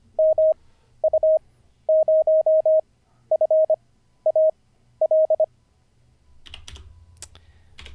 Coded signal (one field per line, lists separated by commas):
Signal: Morse code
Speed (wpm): 24 wpm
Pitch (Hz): 630 Hz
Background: none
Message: MU0FAL